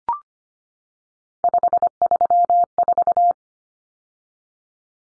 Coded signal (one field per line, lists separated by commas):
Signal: Morse code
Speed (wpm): 25 wpm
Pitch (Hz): 700 Hz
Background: none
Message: 534